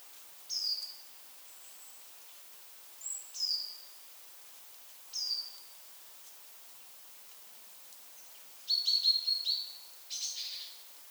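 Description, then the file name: Great tit uttering several thin, high down-slurred notes a few seconds apart, then a fast buzzy rattle followed by a short harsh burst. "Parus major"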